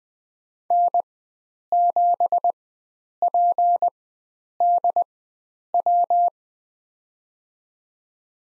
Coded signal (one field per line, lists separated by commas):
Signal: Morse code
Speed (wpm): 20 wpm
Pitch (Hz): 700 Hz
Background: none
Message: N7PDW